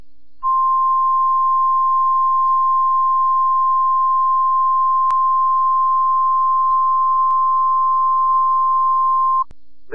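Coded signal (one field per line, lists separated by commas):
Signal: Emergency Alert System (SAME) tones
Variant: 1050 Hz attention tone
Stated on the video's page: NOAA Weather Radio required weekly test, Seattle area, live radio audio.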